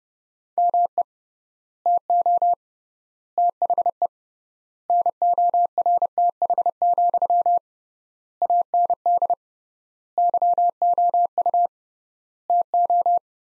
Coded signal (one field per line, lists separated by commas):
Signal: Morse code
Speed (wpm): 32 wpm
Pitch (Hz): 700 Hz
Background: none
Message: ME TO THE NORTH, AND YOU TO